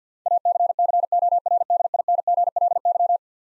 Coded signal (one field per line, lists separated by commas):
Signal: Morse code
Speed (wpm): 50 wpm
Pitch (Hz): 700 Hz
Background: none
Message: ACCORDINGLY